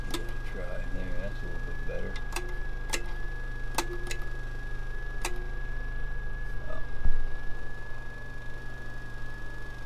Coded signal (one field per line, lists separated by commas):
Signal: FT8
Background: speech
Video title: Portable Station Equipment Tucson AZ Icom 7300 Alpha DX-LB and HP Stream